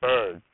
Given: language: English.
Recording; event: throat vibration sensor signal played as sound; speech